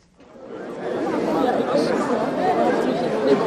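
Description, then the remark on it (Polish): A dense murmur of a large crowd gathered and waiting in the streets of Oslo, rising quickly from silence into a steady, continuous hubbub of overlapping chatter with no single voice standing out. “Na ulicach Oslo zgromadziły się tłumy.”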